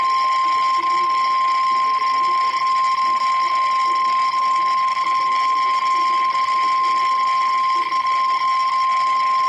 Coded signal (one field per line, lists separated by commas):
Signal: Emergency Alert System (SAME) tones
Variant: 1050 Hz attention tone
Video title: EAS Alert #315 (Tornado Warning)